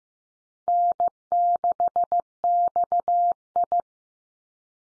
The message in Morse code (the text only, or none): N6XI